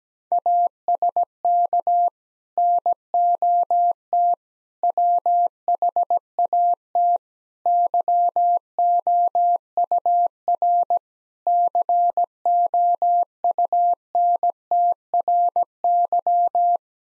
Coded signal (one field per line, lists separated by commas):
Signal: Morse code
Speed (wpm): 17 wpm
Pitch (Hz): 700 Hz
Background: none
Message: ASK NOT WHAT YOUR COUNTRY